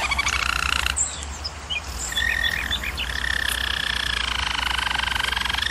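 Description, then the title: German Roller canary song: brief trills and scattered notes, then a steady rolled tour held at one pitch over a low hum. Singing used for canary training. "German Roller Canary Singing - Canary Training"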